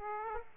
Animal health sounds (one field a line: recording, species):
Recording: mosquito wingbeat signal from an infrared sensor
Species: Aedes aegypti